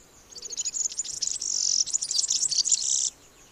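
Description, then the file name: European serin song: a high, rapid, jingling stream of thin buzzy notes lasting nearly three seconds, then stopping abruptly. "Mathias Ritschard - Evropejskij vyurok Serinus serinus"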